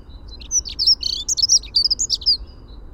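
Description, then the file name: Dunnock song: one rapid, high, scratchy warble of tumbling squeaky notes running for about two seconds against a low, steady background hum. "Prunella modularis - Dunnock"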